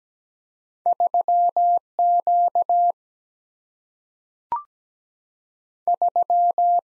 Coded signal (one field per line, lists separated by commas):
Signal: Morse code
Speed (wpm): 17 wpm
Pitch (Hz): 700 Hz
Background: none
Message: 3 Q 3